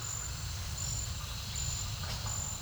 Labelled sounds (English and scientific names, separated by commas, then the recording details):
none
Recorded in pastures near Puerto Asís, Putumayo, Colombia, on 8 March 2025 at 10:00
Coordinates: 0.497, -76.327
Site G072